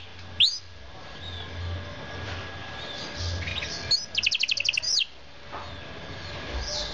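Bird calls: a single sharp sweeping note, then later a short buzzy high trill flanked by chirps, over steady low background noise.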